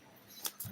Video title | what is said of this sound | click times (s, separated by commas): PL PALEMBANG # ORDER KE WA 👉 (wa : 0821 7995 4411 ) | kuncinya tinggal di ceklek ya terkunci dengan baik | 0.5 s